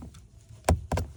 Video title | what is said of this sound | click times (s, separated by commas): Mercedes Benz C300 W205 Power Window Switch and Power Lock Switch Replacement | so you can see that it's still not all the way in. | 0.7 s